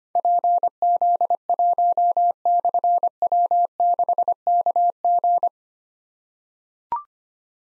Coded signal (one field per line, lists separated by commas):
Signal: Morse code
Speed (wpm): 25 wpm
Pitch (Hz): 700 Hz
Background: none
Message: PZ1/W6KG